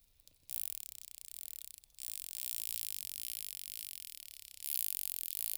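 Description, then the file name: Bottlenose dolphin clicking, a dense high-pitched buzz of rapid pulses running in two long bursts separated by a brief gap, the second growing louder toward the end. Recorded at Monkey Mia in 2013. "Tursiops truncatus Monkey Mia 2013"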